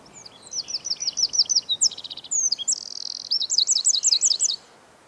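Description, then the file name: Eurasian wren song, a loud high-pitched torrent of quick repeated notes, buzzy rattles and sharp trills, each section changing abruptly, over about four and a half seconds. "Troglodytes troglodytes"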